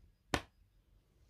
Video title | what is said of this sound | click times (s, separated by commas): #Tutorial Easy Preparation for #IMInjection #OSCEMadeEady | on the side and tip it down you will hear it click | 0.3 s